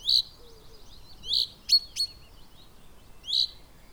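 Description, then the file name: Common chaffinch calls: three short emphatic high notes spaced one to two seconds apart, mixed with a couple of sharp clicks, over a low steady hiss. "Fringilla coelebs"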